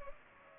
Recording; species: mosquito wingbeat signal from an infrared sensor; Culex pipiens